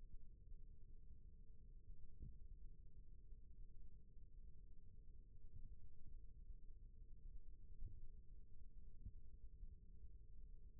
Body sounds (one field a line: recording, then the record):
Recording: forearm muscle sounds (acoustic myography)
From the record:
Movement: rest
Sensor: system 1, eight BSWA MPA416 microphones around the upper forearm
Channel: 2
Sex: male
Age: 21 years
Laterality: right